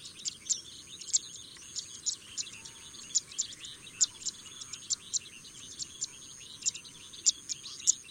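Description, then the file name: Paddyfield pipit uttering short, sharp high chips at irregular intervals, with a continuous thin insect drone underneath. "suara burung apung tanah"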